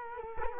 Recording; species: mosquito wingbeat signal from an infrared sensor; Culex quinquefasciatus